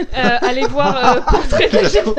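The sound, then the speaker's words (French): A voice mimics a creaking door with a loud, drawn-out groan whose pitch wavers and slides up and down for about two seconds, with a slightly chuckling quality. “Tu fais très bien le bruit de la porte.”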